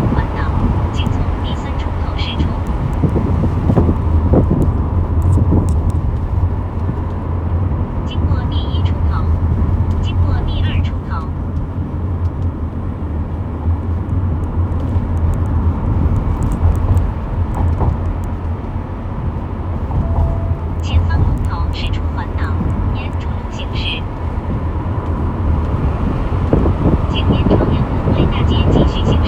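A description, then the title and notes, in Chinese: A taxi drives along a city ring road on a summer night with the window open, a steady low rumble of engine and road. 夏天的夜晚，开着窗，一辆出租车行驶在北京二环路上。环境音纯享，无对白。出租车行驶在夏夜里的北京二环路上。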